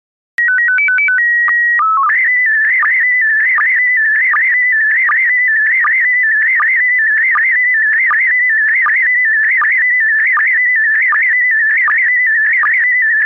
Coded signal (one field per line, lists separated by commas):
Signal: SSTV (slow-scan television)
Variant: PD 180